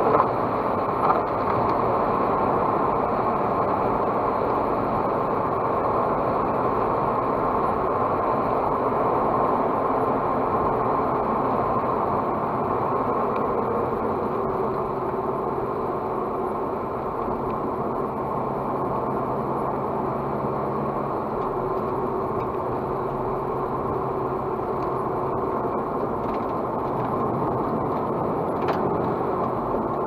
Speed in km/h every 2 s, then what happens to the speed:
93, 94, 93, 89, 89, 86, 79, 63, 62, 64, 68, 66, 63, 56, 56.
0-9 steady at about 93. 9-14 brakes to 63. 14-22 steady at about 64. 22-26 slows to 56.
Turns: none.